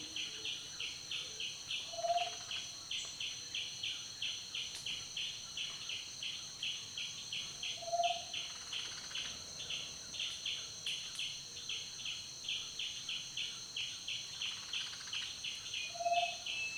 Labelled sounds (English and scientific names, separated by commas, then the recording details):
Lühder's Bushshrike (Laniarius luehderi)
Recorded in Kibale, Uganda